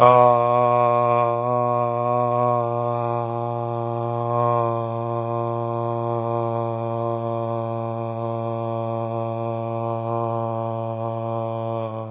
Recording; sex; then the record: sustained vowel /a/; male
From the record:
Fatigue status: fatigue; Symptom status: symptomatic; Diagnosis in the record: COVID-19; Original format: 3gp